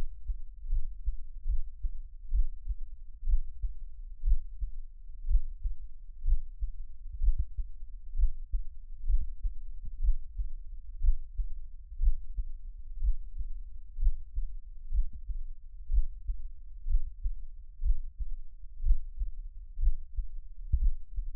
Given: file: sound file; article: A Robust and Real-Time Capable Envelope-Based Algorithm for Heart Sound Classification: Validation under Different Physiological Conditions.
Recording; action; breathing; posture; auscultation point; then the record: heart sounds by electronic stethoscope; rest; normal; lying on stomach; Erb’s point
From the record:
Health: healthy, no known heart disease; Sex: male